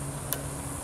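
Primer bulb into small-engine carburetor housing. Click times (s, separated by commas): 0.3 s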